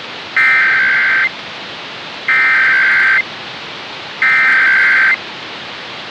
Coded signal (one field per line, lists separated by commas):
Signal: Emergency Alert System (SAME) tones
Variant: header bursts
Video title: 2023 National Periodic EAS Test - Local Radio Activation - 10/4/2023 2:20pm